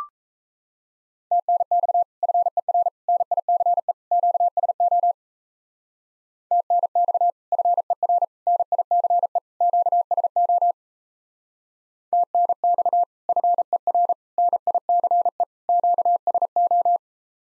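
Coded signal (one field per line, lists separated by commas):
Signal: Morse code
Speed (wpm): 34 wpm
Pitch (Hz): 700 Hz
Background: none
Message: TNX FER NICE QSO TNX FER NICE QSO TNX FER NICE QSO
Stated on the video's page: Common QSO phrases speed drill starting fast and slowing to a 28 wpm base; fastest speed 1.5 times slowest, final repeat once at maximum speed.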